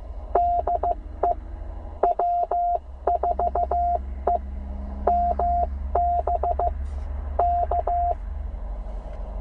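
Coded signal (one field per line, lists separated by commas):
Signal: Morse code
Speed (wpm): 15 wpm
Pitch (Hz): 700 Hz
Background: none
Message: DE W4EMB K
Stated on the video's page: CW call sign copy practice from an outdoor operation, plainly a Penntek TR45L radio with a Bamatech TP III key on battery.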